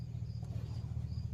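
An AUTOONE LED headlight bulb with its plug attached is pushed into the headlight housing of a Toyota RAV4 and turned clockwise to lock it in place. A steady low hum and faint hiss run throughout with no sharp sounds. The bulb has not yet seated or clicked when the clip ends.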